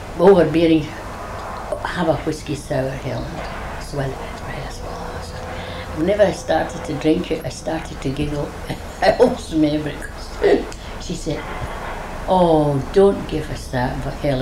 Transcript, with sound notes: overbearing, "Aw, have a whisky sour, Helen." Whenever I started to drink it, I started to giggle. [laughs] I always remember, she said, "Oh, don't give us that, Helen.